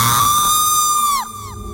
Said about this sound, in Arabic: صرخة دي صرختها بعد ما استجمعت كل قوتي وصرخت. كانت متزامنة مع حاجة غريبة، ولكنها حاجة رعبتني.